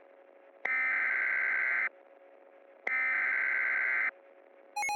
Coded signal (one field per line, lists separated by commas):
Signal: Emergency Alert System (SAME) tones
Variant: header bursts